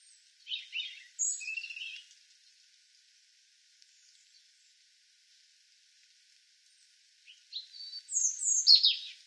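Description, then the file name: European robin song phrases of high thin notes and twittering trills, one near the start and one near the end after a long quiet gap, with faint hiss. "Erithacus rubecula"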